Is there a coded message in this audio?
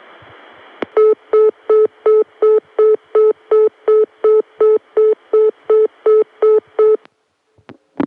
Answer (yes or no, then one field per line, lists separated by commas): no